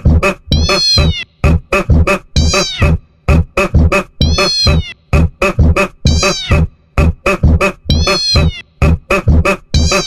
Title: Audios e Músicas Backups #1. Coloque esse áudio e veja a reação do seu gato